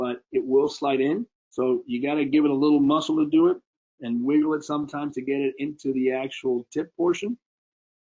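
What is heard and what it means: Someone talks while a new, stiff plastic size insert tip is being worked toward the end of the clear cylinder of a vacuum erection device, which needs some force and wiggling to go in. Only speech is heard, with no distinct click. The insert has not seated or clicked in yet.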